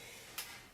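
An optical (Toslink) audio cable plug is pushed, after finding the right orientation and with a little push, into the optical socket of a TV or converter. Over a steady background hiss, one short, sharp click is heard at 0.4 s. The plug is seated, and the red light shows it is in.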